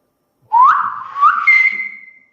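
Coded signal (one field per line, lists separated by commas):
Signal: whistled language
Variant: Silbo Gomero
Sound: a single clear whistle with three rising, gliding syllables, ending on a held high note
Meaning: A morning greeting, "Good morning"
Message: Good morning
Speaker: buenos días en inglés cómo sería Good morning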